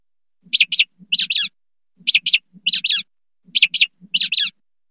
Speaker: So the first two notes came from a mockingbird imitating the alarm call of an American robin. The second two notes, the third and the fourth notes, came from a mockingbird imitating the rubber ducky vocalization of a brown-headed nuthatch.